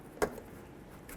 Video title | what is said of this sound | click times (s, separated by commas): How to Replace Turn Signal Housing 08-12 Jeep Liberty | Listen for a little click. Push that lock. | 0.2 s